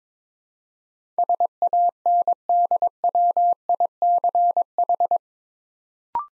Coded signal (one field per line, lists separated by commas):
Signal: Morse code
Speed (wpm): 23 wpm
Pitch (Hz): 700 Hz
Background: none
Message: SANDWICH